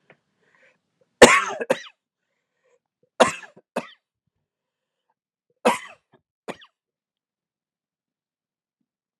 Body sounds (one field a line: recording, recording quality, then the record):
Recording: heavy voluntary cough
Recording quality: excellent, no background noise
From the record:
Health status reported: healthy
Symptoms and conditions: none ticked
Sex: male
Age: 50 years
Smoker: not ticked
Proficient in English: yes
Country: United States